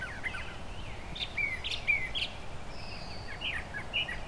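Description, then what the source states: Brown Thrasher singing a mix of sharp chirps, slurred notes and one long thin whistle, phrases spaced unevenly, over a steady low hiss. Mimicry song held longer per imitated phrase than a mockingbird's, slower tempo with gaps between bouts; parkland meadow with shrubs and tall trees used as song perches.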